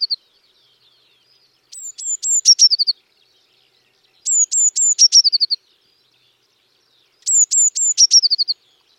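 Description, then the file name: Eurasian blue tit calling: three high, thin downslurred notes followed by a short tinkling trill, the phrase repeated about every three seconds. "Cyanistes caeruleus"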